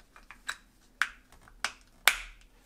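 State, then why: Seated. The removable bottom part of the plastic pod holder on a Keurig K Mini Plus single-serve coffee maker is pressed back onto the holder after cleaning. A few soft plastic ticks and knocks come first, then sharper clicks around 1.0 s and 1.6 s. The loudest snap, at 2.1 s, is where the bottom part seats back in place.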